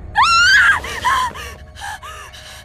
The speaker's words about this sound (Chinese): 他翻来翻去睡不着，余光一晃，好像看见一只小手从背后绕过来搭在他的肚子上，吓得他尖叫一声，直接从床上弹起来。